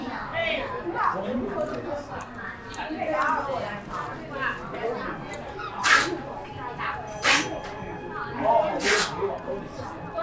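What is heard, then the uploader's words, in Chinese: On the way to eat xiaomian in Xiang'er Hutong, people talk over a constant murmur of other voices. Sharp, bright clatters cut in near six, seven and nine seconds, and a faint steady tone hums underneath. 去香饵胡同吃小面｜城市声音。下午。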